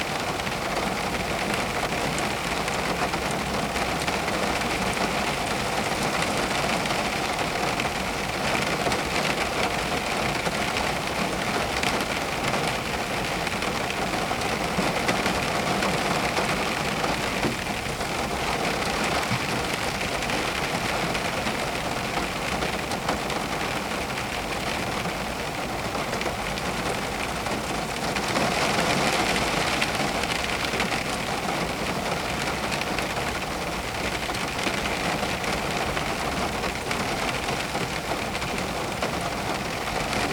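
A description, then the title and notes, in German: Heavy rain drums on a car from inside, a dense, steady hiss and patter that fills the whole range and barely lets up for forty seconds. A slight swell comes around the half-minute mark, and a faint low rumble sits underneath throughout. Ein Mittagsschlaf im Auto bei Regen. Viel Regen, massiv Regen.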